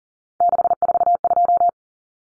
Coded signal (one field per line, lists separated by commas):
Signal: Morse code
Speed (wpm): 40 wpm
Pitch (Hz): 700 Hz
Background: none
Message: 642